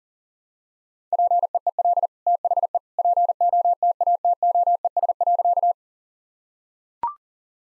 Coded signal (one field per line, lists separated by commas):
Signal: Morse code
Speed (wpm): 40 wpm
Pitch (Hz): 700 Hz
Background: none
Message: PEEL THE POTATOES.